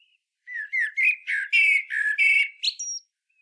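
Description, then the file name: Common blackbird delivering one continuous phrase of fluty lower notes interwoven with high, scratchy chirps, ending in a thin, high whistle. "Turdus merula"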